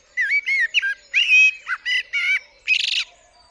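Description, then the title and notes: Common blackbird pouring out a run of warm, fluty whistled notes, finishing with a harsh, buzzy high twitter. Singing on the roof of the recordist's studio, UK, 8 April 2020 around 7am, during Covid-19 lockdown; recorded with parabolic dish, MKH50 and MKH30 microphones in M/S, Sonosax R4+ recorder. "Blackbird On A Still Morning. I would like to share this recording I made this morning on the 8th April 2020 around 7am. A Blackbird singing on the roof of my studio"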